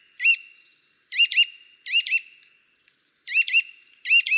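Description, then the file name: Eurasian nuthatch giving loud, clear whistled notes, singly and in quick pairs, in a loose series. "Sitta europaea"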